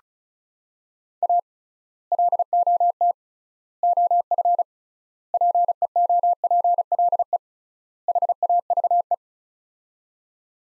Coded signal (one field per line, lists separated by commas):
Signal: Morse code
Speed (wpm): 36 wpm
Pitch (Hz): 700 Hz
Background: none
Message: A LOT OF PEOPLE HAVE